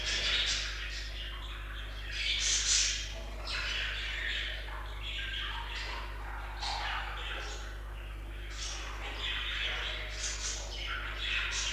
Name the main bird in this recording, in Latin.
Melopsittacus undulatus